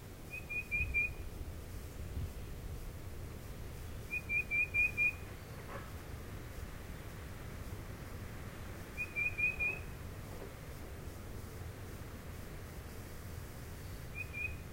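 Tufted titmouse song, short phrases of four or five clear whistled notes, each phrase repeated every few seconds over steady low background hiss.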